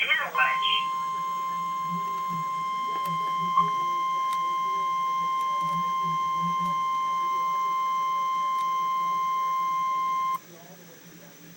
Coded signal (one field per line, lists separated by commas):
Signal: Emergency Alert System (SAME) tones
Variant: 1050 Hz attention tone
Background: speech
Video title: REAL EAS 376-Severe thunderstorm warning